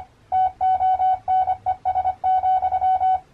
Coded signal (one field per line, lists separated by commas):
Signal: Morse code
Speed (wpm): 25 wpm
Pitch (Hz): 750 Hz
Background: none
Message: TONES,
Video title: Arduino CW Decoder